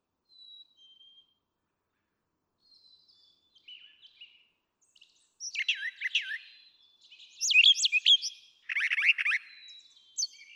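Brown Thrasher song starting with faint thin notes, then louder rich and buzzy phrases in quick succession during the second half.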